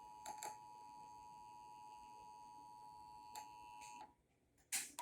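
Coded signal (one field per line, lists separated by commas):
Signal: Emergency Alert System (SAME) tones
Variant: 853 and 960 Hz attention tone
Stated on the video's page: Broadcast radio Required Monthly Test from local stations.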